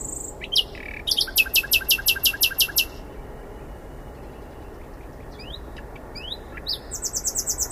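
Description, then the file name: Common nightingale song: a fast run of loud, repeated clicking notes lasting about two seconds, a pause with a few rising whistles, then another rapid repeated series begins. "Luscinia megarhynchos"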